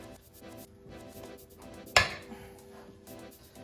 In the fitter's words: There you go. Once you hear it click like that, because it wasn't going in on one side, then you